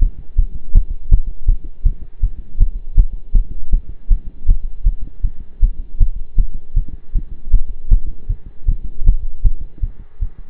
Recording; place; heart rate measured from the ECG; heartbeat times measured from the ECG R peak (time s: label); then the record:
heart sounds by stethoscope; between the tricuspid and mitral areas; 159 bpm
0.01 s: heartbeat
0.38 s: heartbeat
0.75 s: heartbeat
1.11 s: heartbeat
1.48 s: heartbeat
1.85 s: heartbeat
2.23 s: heartbeat
2.60 s: heartbeat
2.97 s: heartbeat
3.35 s: heartbeat
3.73 s: heartbeat
4.11 s: heartbeat
4.48 s: heartbeat
4.86 s: heartbeat
5.23 s: heartbeat
5.62 s: heartbeat
6.00 s: heartbeat
6.38 s: heartbeat
6.76 s: heartbeat
7.15 s: heartbeat
7.53 s: heartbeat
7.91 s: heartbeat
8.29 s: heartbeat
8.68 s: heartbeat
9.06 s: heartbeat
9.44 s: heartbeat
9.82 s: heartbeat
10.22 s: heartbeat
From the record:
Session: pedaling a stationary bicycle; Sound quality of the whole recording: partially saturated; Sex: male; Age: 23 years